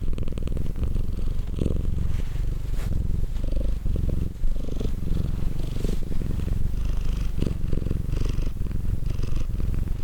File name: Cat Purr